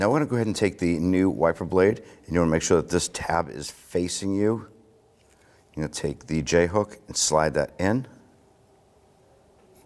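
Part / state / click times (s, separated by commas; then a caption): rear wiper blade onto wiper arm J-hook / not seated / none. A new rear wiper blade for a 2007–2017 Jeep Patriot is slid onto the wiper arm's J-hook with its tab facing out and positioned before being pulled back to lock. Someone talks through most of the clip, with a quiet low hum in the pauses. Nothing has seated or clicked yet.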